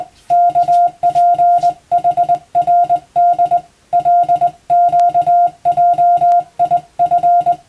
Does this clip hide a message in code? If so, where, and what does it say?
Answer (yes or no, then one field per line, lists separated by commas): yes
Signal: Morse code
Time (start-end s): 0.3-7.5 s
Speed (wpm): 20 wpm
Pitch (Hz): 700 Hz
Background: none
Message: KPHRD LQJIF